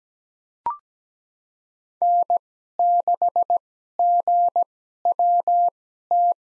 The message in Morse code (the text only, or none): N6GWT